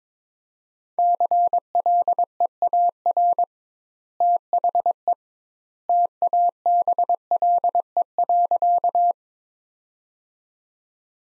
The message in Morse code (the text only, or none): CLEAR THE TABLE.